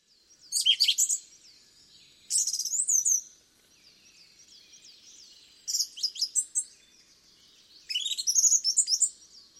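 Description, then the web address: Song thrush song: four short, high, tumbling phrases a few seconds apart, each a fast flurry of sharp notes and slurred whistles, with faint background twittering between. "cianscape birddata Deverinetal 2025"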